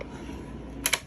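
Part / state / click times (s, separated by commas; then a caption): fold-down bed bracket locking into its wall mount / seated / 0.9 s. A fold-down Murphy bed bracket in a converted 6.8' x 15' horse trailer, reinforced with carriage bolts because it used to wiggle, is moved until it locks into its wall mount. Over a low steady hum, two sharp metallic clicks land close together at about 0.9 s. The bracket seats and locks in place with no more wiggle.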